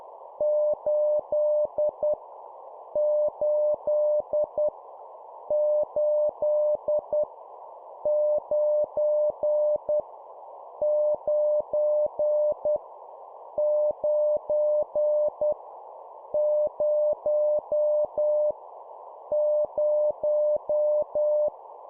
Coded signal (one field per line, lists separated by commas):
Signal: Morse code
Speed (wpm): 10 wpm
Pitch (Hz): 600 Hz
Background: none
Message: 8 8 8 9 9 9 0 0